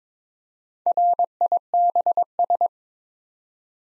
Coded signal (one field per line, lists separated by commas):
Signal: Morse code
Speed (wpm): 21 wpm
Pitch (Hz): 700 Hz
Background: none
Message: RIBS